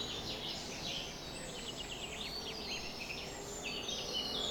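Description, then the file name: Birds, several at once, quick high chirps tumbling over each other, with a constant hiss underneath. Summer morning bird chorus at 4:40 am. "summer morning bird chorus-4 40 am in cobs"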